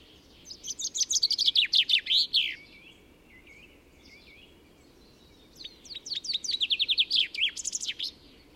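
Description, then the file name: Common chaffinch song repeated twice, each a cascading trill of chipping notes two to three seconds long ending in a flourish, separated by a gap of about three seconds. "Fringilla coelebs"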